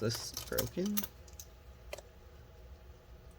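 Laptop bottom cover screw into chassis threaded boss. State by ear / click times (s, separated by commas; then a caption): stripped / 1.4 s, 1.9 s. Someone talks briefly, then a screw in the bottom cover of a Dell Latitude E7470 laptop spins in its threaded chassis boss without tightening. It slips with sharp clicks at 1.4 s and 1.9 s, with fainter ticks between. The thread is stripped, apparently from being overtightened.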